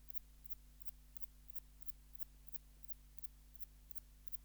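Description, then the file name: Antaxius spinibrachius calling: faint, very high, sharp ticks repeated roughly three times a second, over a steady low hum. "Antaxius spinibrachius"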